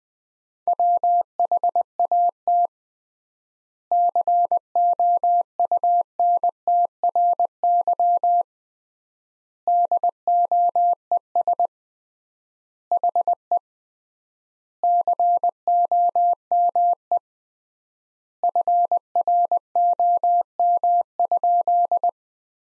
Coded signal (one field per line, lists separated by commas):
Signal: Morse code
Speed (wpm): 20 wpm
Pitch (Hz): 700 Hz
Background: none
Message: WHAT COUNTRY DOES HE COME FROM?